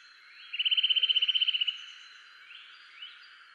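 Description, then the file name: Eurasian nuthatch trill: a rapid, even run of many bright piping notes lasting about a second, followed by a few fainter notes. "Sitta europaea"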